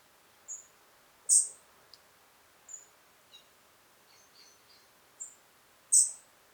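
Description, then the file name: European robin calls, loud sharp high ticks mixed with softer high notes and a few faint notes, spread throughout over a quiet background. "Erithacus rubecula"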